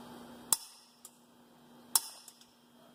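A torque wrench set to 95 with a 3/4 inch socket tightens a truck's wheel lug nut in a star pattern, turning until tension builds and the wrench clicks sharply at 0.5 s over a faint steady hum. A second loud sharp hit follows at 2.0 s, with a few softer ticks around it, and the nut is confirmed torqued to 95.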